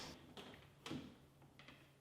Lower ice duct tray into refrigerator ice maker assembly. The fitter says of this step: Next push up on lower ice duct tray until it snaps into place.